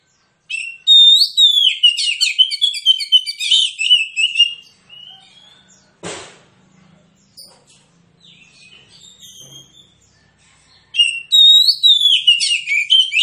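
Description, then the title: Oriental magpie-robin pouring out rapid, rich whistled phrases, falling quiet midway apart from faint notes and a single sharp click, then bursting into loud song again near the end. Song presented as aggressive, fighting-style song with full, persistent bursts, used as therapy to prompt a fighting response from magpie-robins reluctant to sing. "Kacer Langsung Tarung Konslet KACER NGOTOT FULL TEMBAKAN. Kicau Kacer santaiterapi Kacer males bunyi"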